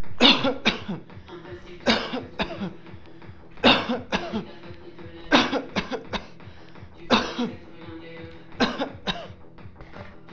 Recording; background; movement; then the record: voluntary coughing; music; sitting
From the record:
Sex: male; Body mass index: 20.6 kg/m2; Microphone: on the chest, facing outward